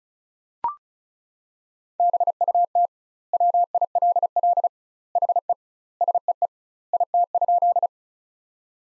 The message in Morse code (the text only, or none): BUT WILL HE SEE IT?